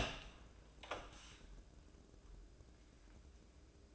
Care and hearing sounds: daily activity, microphone in the room; open door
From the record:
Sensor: 2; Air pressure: 1012.2 hPa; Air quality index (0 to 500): 160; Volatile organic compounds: 2 ppm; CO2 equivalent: 1168 ppm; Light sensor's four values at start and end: 405/1013/412/432 and 401/1003/407/427

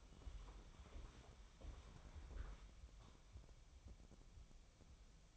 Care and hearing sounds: daily activity, microphone in the room; walk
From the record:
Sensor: 1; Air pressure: 1015.3 hPa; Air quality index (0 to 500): 129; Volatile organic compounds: 5 ppm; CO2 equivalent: 1774 ppm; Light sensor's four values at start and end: 12/29/12/13 and 13/31/13/14

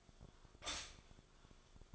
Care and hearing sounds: daily activity, microphone in the room; stop toaster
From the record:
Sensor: 5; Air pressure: 1014.8 hPa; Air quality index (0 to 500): 198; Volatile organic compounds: 8 ppm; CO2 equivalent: 2104 ppm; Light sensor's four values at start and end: 16/38/15/13 and 16/38/15/13

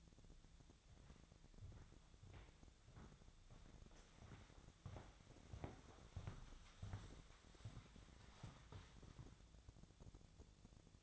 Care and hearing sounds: daily activity, microphone in the room; walk to room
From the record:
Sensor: 3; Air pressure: 1000.0 hPa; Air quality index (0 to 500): 122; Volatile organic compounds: 2 ppm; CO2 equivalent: 1100 ppm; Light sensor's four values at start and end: 41/100/44/48 and 39/97/42/47

